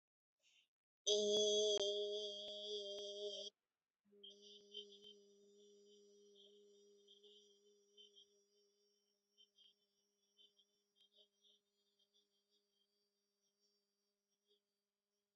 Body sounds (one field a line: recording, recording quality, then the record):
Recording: sustained vowel as in beet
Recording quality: excellent, no background noise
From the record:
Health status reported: COVID-19 positive, mild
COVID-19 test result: positive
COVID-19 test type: RT-PCR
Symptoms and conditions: fever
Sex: female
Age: 23 years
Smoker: yes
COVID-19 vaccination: both doses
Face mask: not worn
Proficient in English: yes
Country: India